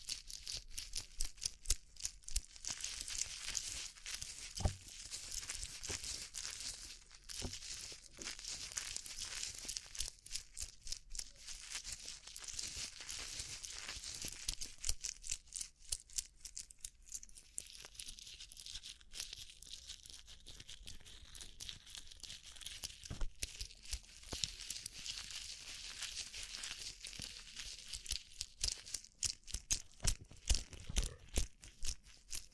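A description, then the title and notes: Rhinestone-covered tapping: dense, fast, bright clicking and crinkly scratching that continues without pause, with a few sharper taps standing out throughout. ASMR Rhinestone Covered Tapping 3Dio (No Talking).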